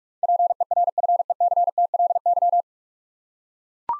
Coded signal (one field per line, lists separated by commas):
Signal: Morse code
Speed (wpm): 41 wpm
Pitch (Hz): 700 Hz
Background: none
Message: PERFECTLY